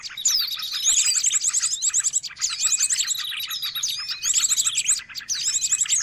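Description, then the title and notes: Bird chirps and trills, a dense, busy flurry of high twittering notes with rapid repeated buzzy runs, broken by a few short gaps. Noisy birds, used as a lure for catching birds. "Burung Ribut Pikat"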